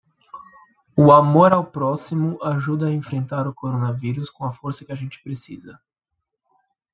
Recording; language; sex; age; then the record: spoken sentence; Brazilian Portuguese; male; 20 to 29 years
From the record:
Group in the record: control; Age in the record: 24 years